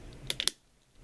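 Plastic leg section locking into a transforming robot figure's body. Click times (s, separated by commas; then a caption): 0.3 s. A plastic leg section on a knock-off Masterpiece MP-17 Bluestreak transforming robot figure is swung back around on its double swivel joint into the figure's body. Sharp, loud plastic snaps ring out at about 0.3 s, 0.4 s and 0.5 s, then it goes quiet. The leg locks into place at 0.3 s.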